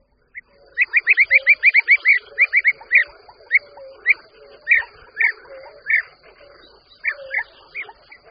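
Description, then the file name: European bee-eater calls: a quick run of rolling chirps at first, then more widely spaced single calls. "Vlha-pestrá"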